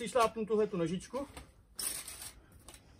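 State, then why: Seated. Someone talks, then a foot steps on the telescopic leg of a 3x3 m scissor-frame pop-up tent, pushing it down until the spring latch pin clicks into the first hole at 1.8 s. A sharp metallic click is heard, followed by softer rattles, and the latch is seated.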